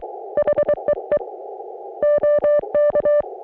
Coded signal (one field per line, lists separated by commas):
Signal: Morse code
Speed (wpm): 23 wpm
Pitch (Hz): 560 Hz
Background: music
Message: HEE OK